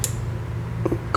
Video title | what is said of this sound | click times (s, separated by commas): Switching Gears on ya' | click just push that sucker until it clicks and we'll put the cage back on top | 1.1 s